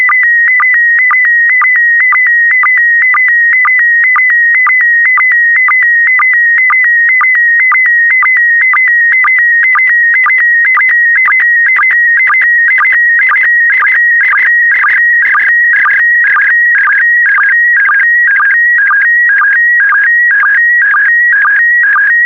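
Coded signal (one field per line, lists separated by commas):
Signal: SSTV (slow-scan television)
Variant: PD120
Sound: steady warbling whistle near 2 kHz with rhythmic ticking blips about twice a second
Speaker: complete you can now check your decoded image against the picture that is shown on the video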